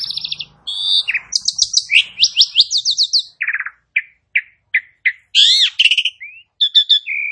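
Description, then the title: Asian pied starling song of quick buzzy trills and rattles, followed by spaced single whistled notes, then a loud harsh squawk and a final clear whistle. "Bunyi Jalak Suren"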